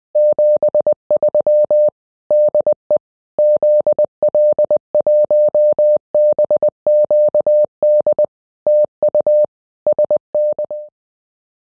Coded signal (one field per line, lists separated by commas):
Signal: Morse code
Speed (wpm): 20 wpm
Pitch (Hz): 600 Hz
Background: none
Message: 73 DE ZL1BQD TU SN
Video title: FT8 ... Love it / Hate it ? Join me as we talk with Jim - ZL1LC. PART 1